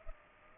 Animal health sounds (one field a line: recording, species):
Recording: mosquito wingbeat signal from an infrared sensor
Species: Culex pipiens